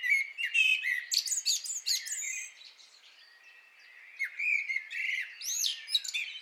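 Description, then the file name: Common blackbird singing an energetic mix of fluty notes and sharp, high twittering, quieting midway before resuming with more squeaky phrases. "Turdus merula"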